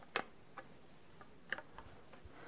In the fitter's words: click into place